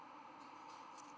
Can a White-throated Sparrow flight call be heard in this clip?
no